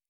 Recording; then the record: hydrophone in a shrimp aquaculture tank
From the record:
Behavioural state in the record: normal